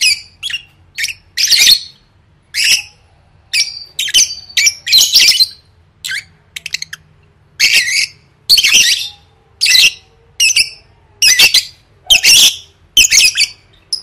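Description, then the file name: Lovebird producing repeated harsh screeches, loud grating bursts with short thin notes between. "tieng vet mau don"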